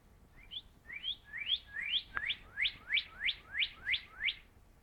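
Northern cardinal singing a long run of clear, upward-slurred whistled notes, repeated about three per second, with a brief click midway.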